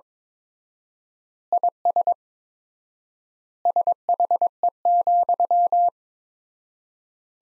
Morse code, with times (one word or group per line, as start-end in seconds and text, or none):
1.5-2.1 IS
3.7-5.9 SHE,